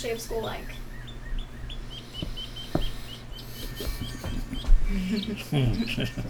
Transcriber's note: he chuckles